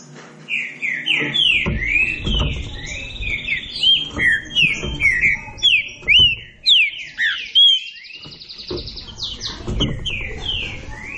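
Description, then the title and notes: Green-winged saltator singing a rapid series of clear, slurred whistles, rising and falling in pitch, with a brief quieter pause midway. Classic song style (canto clássico) used as a training recording. "Canto Clássico Trinca Ferro TREINAMENTO. trinca fero"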